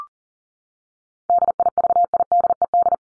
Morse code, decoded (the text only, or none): DIVIDED